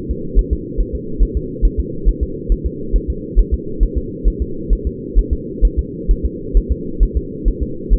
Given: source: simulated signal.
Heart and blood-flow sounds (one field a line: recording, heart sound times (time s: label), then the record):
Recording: fetal heart sounds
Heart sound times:
0.11 s: S2
0.39 s: S1
0.53 s: S2
0.80 s: S1
0.95 s: S2
1.23 s: S1
1.37 s: S2
1.65 s: S1
1.80 s: S2
2.08 s: S1
2.23 s: S2
2.52 s: S1
2.66 s: S2
2.96 s: S1
3.10 s: S2
3.39 s: S1
3.54 s: S2
3.83 s: S1
3.97 s: S2
4.28 s: S1
4.42 s: S2
4.73 s: S1
4.87 s: S2
5.19 s: S1
5.33 s: S2
5.65 s: S1
5.79 s: S2
6.11 s: S1
6.25 s: S2
6.57 s: S1
6.72 s: S2
7.03 s: S1
7.17 s: S2
7.48 s: S1
7.63 s: S2
7.93 s: S1
From the record:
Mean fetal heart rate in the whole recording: 135 bpm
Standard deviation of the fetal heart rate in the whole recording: 3 bpm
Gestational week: 36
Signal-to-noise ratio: -4.3 dB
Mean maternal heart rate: 72 bpm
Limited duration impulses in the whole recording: absent